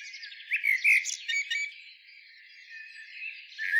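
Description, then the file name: Eurasian blackbird: a brief phrase of high twittering notes, followed by quieter background sounds. "Turdus merula"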